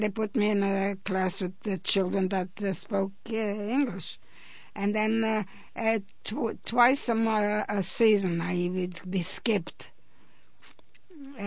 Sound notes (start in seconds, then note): none